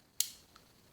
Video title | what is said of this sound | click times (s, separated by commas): CZ Scorpion Binary Fix | so if you rock your disc connector back heard it snap and it moved all the way | 0.2 s